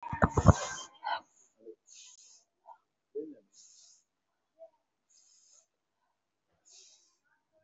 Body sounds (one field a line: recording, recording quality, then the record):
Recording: shallow breathing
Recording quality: excellent, no background noise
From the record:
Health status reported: COVID-19 positive, no symptoms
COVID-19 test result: positive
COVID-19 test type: RT-PCR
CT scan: taken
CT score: 3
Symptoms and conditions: pneumonia, another respiratory illness, hypertension, diabetes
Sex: female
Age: 68 years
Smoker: no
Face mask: worn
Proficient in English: yes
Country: India